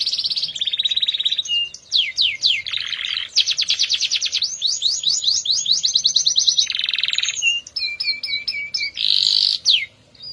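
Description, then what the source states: Canary song with sweeping whistled notes, rapid rolling trills and buzzy bursts, shifting tempo through a long continuous phrase, then short repeated whistles. F1 canary; therapy recording intended for a canary that has stopped singing.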